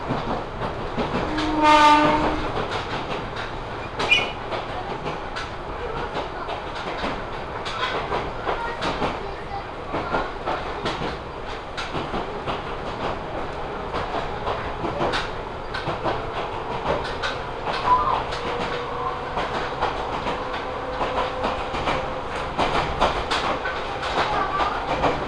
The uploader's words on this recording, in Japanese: 耳で楽しむ鉄道旅 水口・蒲生野線 八日市→貴生川。近江鉄道の南部を走る路線、水口を通りながら貴生川へと抜けていきます。